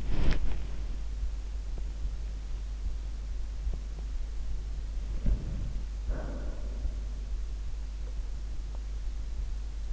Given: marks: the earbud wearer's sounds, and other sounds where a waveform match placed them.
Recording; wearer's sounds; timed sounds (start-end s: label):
sounds in sleep by an in-ear microphone; body movement, breath
0.00-1.05 s: body movement
5.16-6.80 s: breath